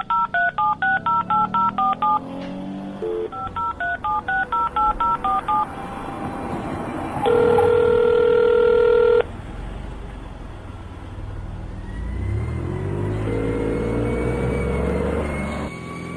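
A rapid series of electronic touch-tone beeps as a phone number is keyed in to call an ambulance, two quick bursts of dialing, followed by a steady ringback tone, with a low engine rumble underneath.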